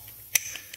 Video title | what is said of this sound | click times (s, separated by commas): @Olsatools this worked out clutch | Nice push button. In and out. Locks into place. | 0.4 s